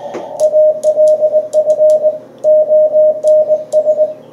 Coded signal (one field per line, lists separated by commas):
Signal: Morse code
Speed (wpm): 20 wpm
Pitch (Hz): 620 Hz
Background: radio noise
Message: ALFONS